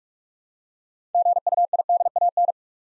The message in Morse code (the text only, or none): GUIDAN